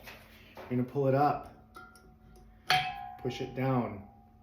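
A gas regulator is handled at a propane tank valve while someone talks, its collar being pulled up and the regulator pushed down. A faint tap sounds at 1.8 seconds and a sharp metallic knock with a ringing tone at 2.7 seconds. The regulator has not clicked onto the valve yet.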